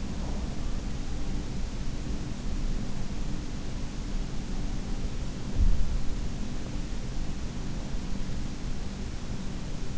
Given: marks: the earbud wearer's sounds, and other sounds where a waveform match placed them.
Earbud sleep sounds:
sounds in sleep by an in-ear microphone; breath
0.00-0.55 s: breath

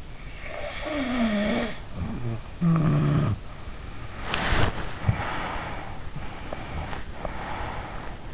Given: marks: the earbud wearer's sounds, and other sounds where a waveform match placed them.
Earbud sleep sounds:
sounds in sleep by an in-ear microphone; snoring breath, body movement, breath
0.12-3.43 s: snoring breath
4.16-5.74 s: body movement
5.13-6.14 s: breath
6.20-8.34 s: breath

